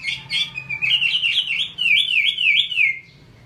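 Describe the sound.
Chinese hwamei song: a fast continuous run of looping, warbled whistles that rise and fall, ending abruptly.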